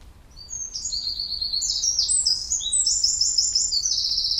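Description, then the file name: Eurasian wren song: one loud, hurried outpouring of piercing high notes and rattling trills, building quickly and running on for about four seconds. "Troglodytes troglodytes"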